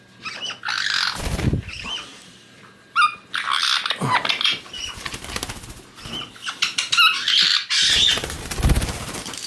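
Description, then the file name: Caique chick utters harsh squawks and squeaky chatter, interrupted by several dull thumps and rustling sounds. Chick singing, getting playful. "ptenec ryzegolovogo kaika razygralsya"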